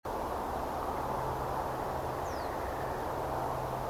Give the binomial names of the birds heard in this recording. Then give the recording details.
Emberiza schoeniclus. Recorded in France